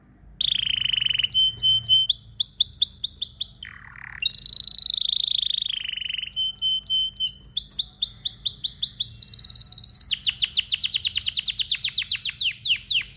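Canary singing varied phrases: steady tones, rapid repeated upslurred notes, a brief lower warble, then long fast trills and rattles, each tour shifting pitch.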